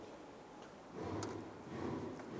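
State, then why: Not seated. Plastic push clips are handled while being pressed in to lock the upper plastic cowl panel to the metal cowl below on a 2007-2012 Nissan Versa, during a front strut assembly replacement. Low rubbing and handling noise grows louder from about 1.0 s, with one brief sharp tick at 1.2 s. Nothing has seated or clicked yet.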